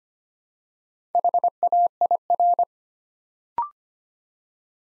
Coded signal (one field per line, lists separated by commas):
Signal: Morse code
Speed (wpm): 25 wpm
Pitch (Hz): 700 Hz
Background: none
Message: HAIR